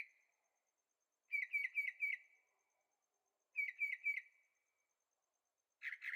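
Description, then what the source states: Bird song of quick four-note and three-note chirped phrases separated by pauses, ending with a harsher burst. Singing at night in Carefree, Arizona; recorded with a Zoom H6 and stereo microphones.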